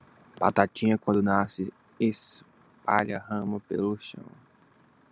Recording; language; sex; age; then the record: short text; Brazilian Portuguese; male; 20 to 29 years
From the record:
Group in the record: control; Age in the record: 25 years